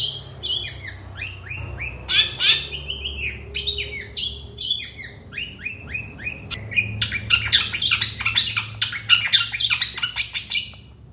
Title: Cendet Gacor Dor Di Kala Pagi Toet Toet Variasi Suara. SUARA CENDET GACOR DOR SUARA MEWAH FULL ISIAN COCOK BUAT MASTERAN BURUNG KICAU